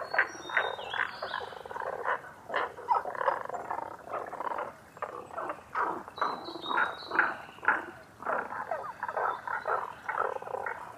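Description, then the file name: Tago's brown frogs call in a dense, overlapping chorus of pulsing croaks, with brief high whistled notes near the start and again around six seconds. Recorded 11 June 2010 at 18:05. "tagogaeru 20100611-1805"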